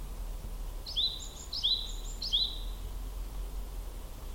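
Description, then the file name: Japanese tit song: three bright, high two-note phrases, repeated about every 0.7 seconds, over a steady low rumble. Recorded at Akasaka on 2 April 2022, 07:47. "sijuukara 20220402 akasaka 0747"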